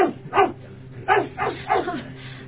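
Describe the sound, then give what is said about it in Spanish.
A dog barks four times in quick, uneven succession, each bark short, sharp and mid-pitched, with no voices alongside, scaring some people away. “Nuestro perro listo acaba de espantar a algunos y ya tenemos dónde quedarnos.”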